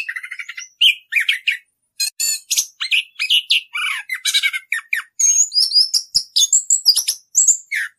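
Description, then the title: Orange-headed thrush song: a dense, fast run of varied chirps, buzzy notes and clear whistled notes in quick bursts. Song in the extended rolling style called ngerol; master recording used for teaching birds. "suara anis kembang ngerol"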